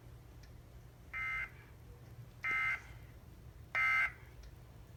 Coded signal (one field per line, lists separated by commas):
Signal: Emergency Alert System (SAME) tones